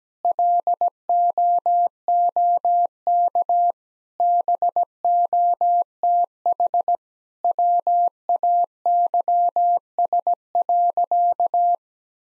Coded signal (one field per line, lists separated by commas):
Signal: Morse code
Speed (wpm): 17 wpm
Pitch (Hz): 700 Hz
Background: none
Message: LOOK BOTH WAYS.